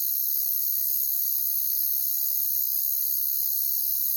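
Crickets trilling as one dense, high-pitched hiss that holds evenly from start to finish.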